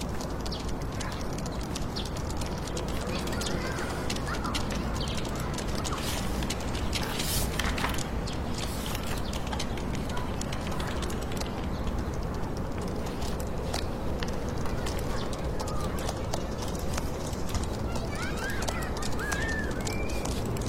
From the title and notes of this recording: Atmospheric scene of staying up late working and studying in computer room, fingertip typing and urban white noise.